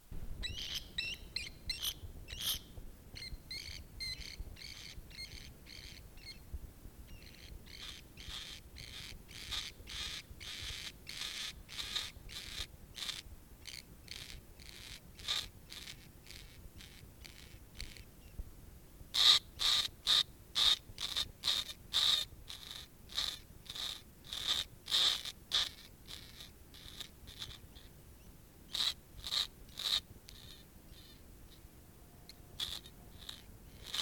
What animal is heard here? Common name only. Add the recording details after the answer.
Brown Rat. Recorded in captivity. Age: adult. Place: Zoologisches Institut der HUB, Berlin, DE. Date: 1969-03-22 17:00. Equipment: 19 cm, Studioanlage in Schallkammer. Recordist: Tembrock, Günter. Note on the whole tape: Adulte Albino-Ratten (im Genick gehalten): Abwehrlaute. Aufnahme mit Studioanlage in Schallkammer